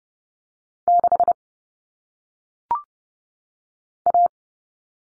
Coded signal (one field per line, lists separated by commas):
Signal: Morse code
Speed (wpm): 30 wpm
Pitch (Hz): 700 Hz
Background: none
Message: 6 A